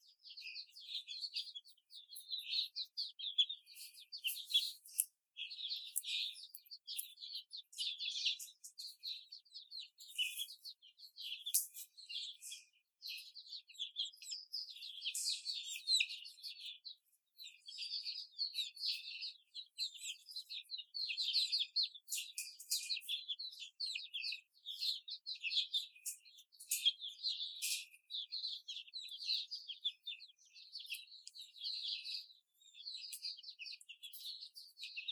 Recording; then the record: young laying hens in a cage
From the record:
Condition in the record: before the stressor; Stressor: simulated dog barking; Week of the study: 4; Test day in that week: 2